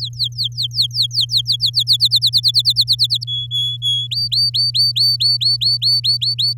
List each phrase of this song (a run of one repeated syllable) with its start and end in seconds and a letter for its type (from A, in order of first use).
0.00-1.70 A, 1.73-3.24 B, 3.27-4.07 C, 4.11-6.53 D